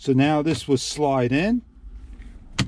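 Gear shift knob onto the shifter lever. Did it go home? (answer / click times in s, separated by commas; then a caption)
yes / 2.6 s. A replacement gear shift knob for a 2017 Honda CR-V is slid down onto the shifter lever while someone talks. After a short quiet stretch, a sharp click at 2.6 s marks the knob snapping into its locked position on the shifter.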